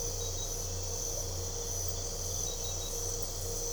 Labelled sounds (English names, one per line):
none